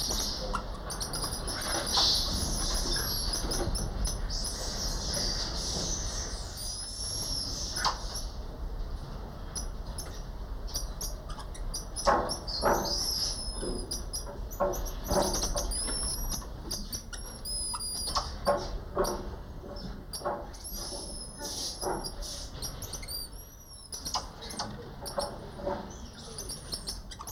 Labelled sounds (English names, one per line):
Goeldi's Marmoset call